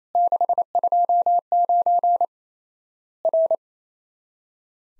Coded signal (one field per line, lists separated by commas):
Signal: Morse code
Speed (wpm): 28 wpm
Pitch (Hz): 700 Hz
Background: none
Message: 629 R